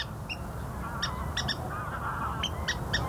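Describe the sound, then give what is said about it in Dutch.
A water rail, a secretive, rarely seen bird of reedbeds, calls with short, sharp squealing notes, some doubled, in an irregular series over a steady low rumble of background noise, with no talking. “Dit is een waterral.”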